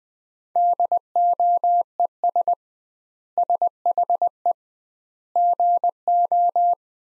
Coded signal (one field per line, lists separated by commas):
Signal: Morse code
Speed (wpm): 20 wpm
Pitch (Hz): 700 Hz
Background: none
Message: DOES SHE GO